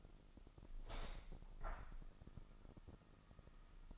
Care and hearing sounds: daily activity, microphone in the room; open window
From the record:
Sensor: 5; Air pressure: 1004.7 hPa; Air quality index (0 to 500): 82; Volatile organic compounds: 2 ppm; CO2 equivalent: 985 ppm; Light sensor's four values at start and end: 34/79/32/31 and 34/79/32/31

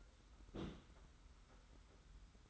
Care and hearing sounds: daily activity, microphone in the room; place on stove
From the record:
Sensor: 3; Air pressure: 991.1 hPa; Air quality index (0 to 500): 102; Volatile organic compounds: 36 ppm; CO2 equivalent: 3083 ppm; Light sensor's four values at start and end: 45/124/51/44 and 45/124/51/44

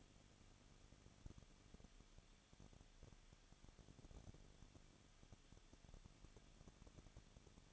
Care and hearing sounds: daily activity, microphone in the room; no activity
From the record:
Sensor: 4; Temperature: 23.0 degrees Celsius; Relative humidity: 34.3%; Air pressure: 1007.2 hPa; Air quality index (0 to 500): 217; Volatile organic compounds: 15 ppm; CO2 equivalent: 2518 ppm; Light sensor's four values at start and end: 2/3/1/1 and 2/3/1/1

